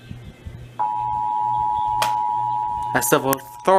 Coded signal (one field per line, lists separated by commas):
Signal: Emergency Alert System (SAME) tones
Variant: 853 and 960 Hz attention tone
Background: speech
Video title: June 2021 Oklahoma Required Monthly Test (EAS#177-185)